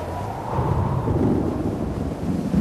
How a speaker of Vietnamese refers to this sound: Nhưng ngoài tiếng gió rít qua các cành cây, tôi không nhận ra một tiếng động nào khác.